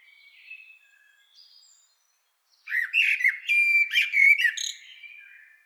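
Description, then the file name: Common blackbird song: faint thin notes, then a two-second burst of fluty warbled phrases ending in high squeaky twitters. "Turdus merula"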